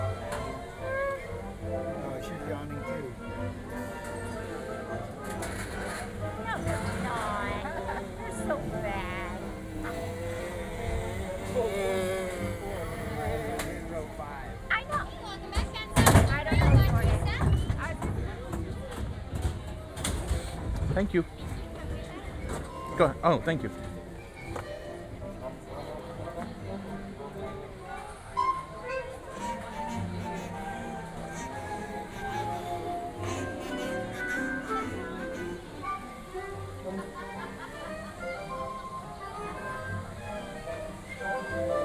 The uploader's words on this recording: Saturday at Disneyland Resort - Part 2 of 3. This audio adventure series, recorded live at disneyland resort contains lunch, a few rides and a LOT of the Disney sound experience.